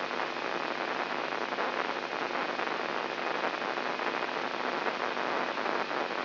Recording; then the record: brain microelectrode recording played as sound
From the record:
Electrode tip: inside the subthalamic nucleus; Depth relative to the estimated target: -2 mm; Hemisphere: right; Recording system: AlphaMap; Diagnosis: Parkinson's disease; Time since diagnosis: 11 years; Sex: male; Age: 67 years